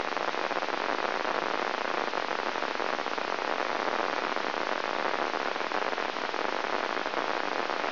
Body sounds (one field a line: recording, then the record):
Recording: brain microelectrode recording played as sound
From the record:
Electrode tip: inside the subthalamic nucleus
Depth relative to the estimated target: -3.75 mm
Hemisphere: right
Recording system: AlphaMap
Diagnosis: Parkinson's disease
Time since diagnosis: 26 years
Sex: female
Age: 68 years